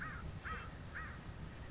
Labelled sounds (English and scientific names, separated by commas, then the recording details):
American Crow (Corvus brachyrhynchos)
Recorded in Sonoma County, California